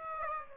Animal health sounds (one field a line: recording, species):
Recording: mosquito wingbeat signal from an infrared sensor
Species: Aedes aegypti